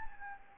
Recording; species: mosquito wingbeat signal from an infrared sensor; Anopheles gambiae